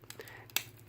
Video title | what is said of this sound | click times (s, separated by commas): Composite EnerJoe Reviews: Transformers Revenge of the Fallen Deluxe Deep Desert Brawl | put it in then you have a nice click and it stays in there if anything they made it too strong but | 0.6 s